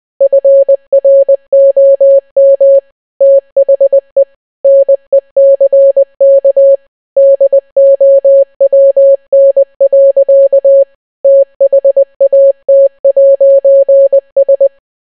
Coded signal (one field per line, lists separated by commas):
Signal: Morse code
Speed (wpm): 20 wpm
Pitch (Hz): 550 Hz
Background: none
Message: FROM THE NECK DOWN. THAT'S